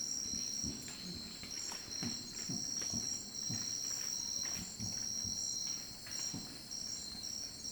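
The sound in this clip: Orangutan long call: low, rough pulses repeated irregularly under continuous high-pitched insect buzzing.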